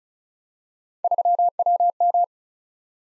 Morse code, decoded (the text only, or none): 3WM